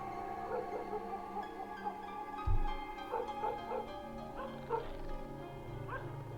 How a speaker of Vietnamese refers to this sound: Con tango ở bên ngoài tựa như là không biết mệt, nó lại bắt đầu sủa.